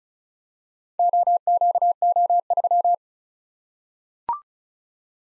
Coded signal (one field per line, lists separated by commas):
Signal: Morse code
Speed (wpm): 36 wpm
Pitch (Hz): 700 Hz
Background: none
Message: OQO3